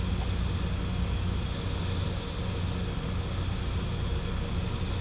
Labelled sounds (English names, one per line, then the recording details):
none
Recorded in pastures near Puerto Asís, Putumayo, Colombia, on 16 December 2024 at 19:00
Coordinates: 0.505, -76.324
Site G063